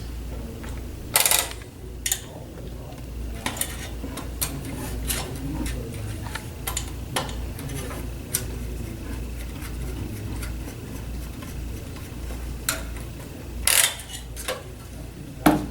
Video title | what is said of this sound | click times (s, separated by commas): Vídeo Técnico 1 - DNP RX1 | tighten the screws until it clicks | 1.2 s, 8.4 s, 13.7 s